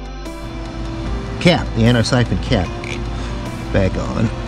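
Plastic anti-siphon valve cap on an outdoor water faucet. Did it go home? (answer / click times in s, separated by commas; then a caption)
no / none. A plastic anti-siphon valve cap is being handled and pressed back toward an outdoor water faucet body while someone talks over background music. Nothing has seated or clicked into place yet.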